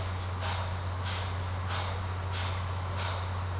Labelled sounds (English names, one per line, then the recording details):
none
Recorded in secondary vegetation near Puerto Asís, Putumayo, Colombia, on 19 March 2025 at 17:00
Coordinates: 0.468, -76.324
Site G059